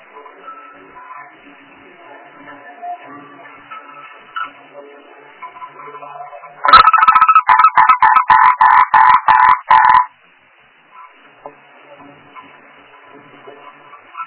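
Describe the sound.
Frog croaking, a burst of about a dozen loud, evenly spaced rasping pulses lasting about three seconds, with quieter background noise before and after.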